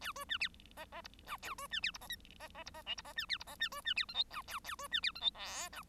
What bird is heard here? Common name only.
Bengalese Finch